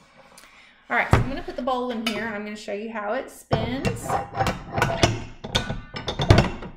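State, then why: Seated. A stainless mixing bowl is set onto the base of an Ankarsrum stand mixer and turned until it locks into place. Someone talks, then a quick series of short clunks and clicks is heard near the end, and the bowl seats into the base at 6.3 s.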